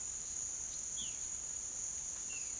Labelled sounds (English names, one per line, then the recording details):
none
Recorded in pastures near Puerto Asís, Putumayo, Colombia, on 25 June 2025 at 07:00
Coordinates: 0.487, -76.322
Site H26